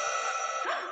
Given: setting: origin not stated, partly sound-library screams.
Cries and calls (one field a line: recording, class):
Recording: one-second piece from a danger detection set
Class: woman in danger